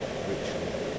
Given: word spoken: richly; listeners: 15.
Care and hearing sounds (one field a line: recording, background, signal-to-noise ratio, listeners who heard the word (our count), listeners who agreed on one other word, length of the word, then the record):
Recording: one English word in noise, from a listening test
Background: speech-shaped noise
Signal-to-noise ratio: -6.5 dB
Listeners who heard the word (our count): 3 of 15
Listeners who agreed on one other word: 8 of 15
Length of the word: 0.59 s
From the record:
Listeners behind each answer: 8, 3, 2, 1, 1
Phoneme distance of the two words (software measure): 14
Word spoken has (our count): 2 syllables, 5 phonemes, stress on syllable 1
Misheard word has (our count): 2 syllables, 5 phonemes, stress on syllable 1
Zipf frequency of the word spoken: 3.00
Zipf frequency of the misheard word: 3.67